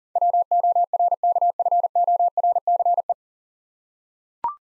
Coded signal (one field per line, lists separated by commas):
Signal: Morse code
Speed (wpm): 40 wpm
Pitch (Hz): 700 Hz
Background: none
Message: WORKFORCE